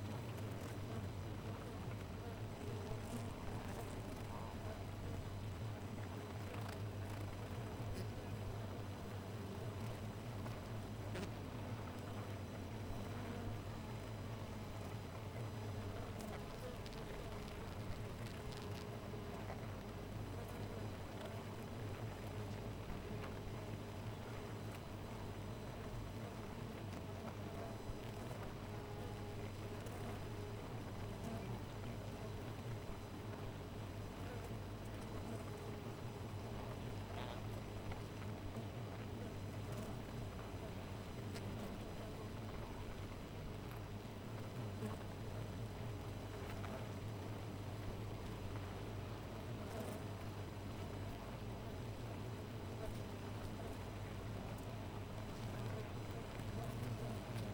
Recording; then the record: honeybee colony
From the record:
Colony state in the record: missing queen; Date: 14 July 2017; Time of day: 4:00